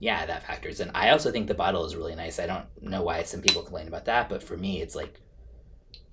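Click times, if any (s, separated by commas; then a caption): 5.9 s. Someone talks, then a cap is put back onto a Roja Elysium Cologne bottle. The cap clicks into place with a sharp hit at 5.9 seconds and a softer tick at 6.2 seconds, and it seats firmly.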